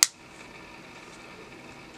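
The steering servo on a Remo Smax RC truck is pulled free of its plastic chassis mount for the first time, giving one sharp, bright snap at 0.0 s that dies away within about a tenth of a second. After that only a faint, steady background hiss remains. The servo is released from the mount.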